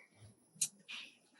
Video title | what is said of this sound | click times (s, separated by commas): Electrical Wiring Instructional | One that goes in the front, snaps in place. | 0.6 s